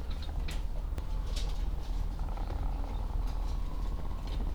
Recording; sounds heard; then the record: poultry house recording; sick chickens (respiratory disease)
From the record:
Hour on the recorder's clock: 16